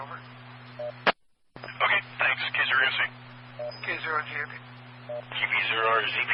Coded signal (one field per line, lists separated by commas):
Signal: none